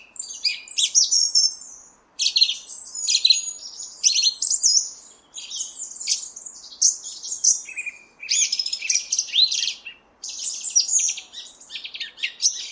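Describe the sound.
Song thrush song: bursts of high, varied twittering and scratchy phrases, each about two to three seconds long, separated by short pauses.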